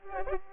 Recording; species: mosquito wingbeat signal from an infrared sensor; Culex pipiens